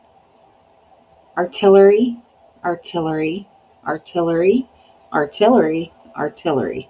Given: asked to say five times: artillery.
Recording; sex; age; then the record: repeated word; female; 40 to 49 years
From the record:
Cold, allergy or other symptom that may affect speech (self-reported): no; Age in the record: 41 years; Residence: Arkansas, United States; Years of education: 14